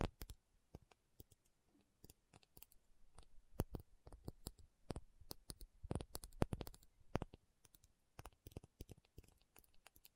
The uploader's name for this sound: Tapping Session (No Talking)